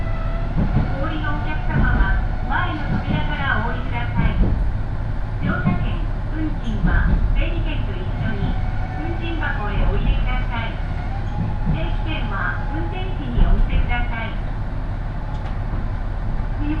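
Inside a one-car railbus on the Ise Railway, a steady low rumble and engine hum run throughout. Several people talk continuously over it, voices overlapping and lively, with a few brief knocks and clicks near 2, 10 and 13 seconds.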